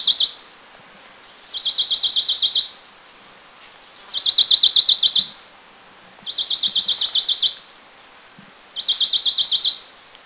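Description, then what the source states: Green shrike-babbler giving high, fast pulsed trills lasting about a second, repeated roughly every two seconds, five bursts in steady succession. Eaglenest, India.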